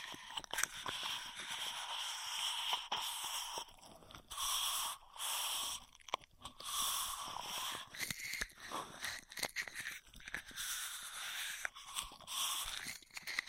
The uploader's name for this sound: Intense Straw Triggers